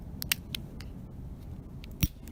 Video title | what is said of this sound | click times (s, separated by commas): HOW TO CHANGE THE WIPER BLADES FOR YOUR 2009 - 2013 TOYOTA TUNDRA!!! Windshield Wipers | you just replace them with this adapter here and you hear snap in place | 0.3 s